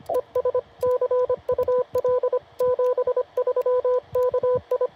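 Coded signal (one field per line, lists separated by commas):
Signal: Morse code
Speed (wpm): 25 wpm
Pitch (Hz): 500 Hz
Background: radio noise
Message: ES CUL 73 KI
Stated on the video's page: CW from a Parks on the Air activation at Fort Deseret, Utah.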